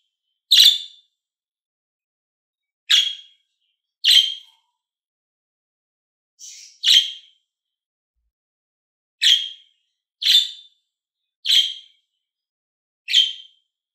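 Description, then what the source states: Lovebird uttering brief, piercing single chirps at irregular intervals, several over fourteen seconds, once preceded by a softer note, against silence. Happy lovebird.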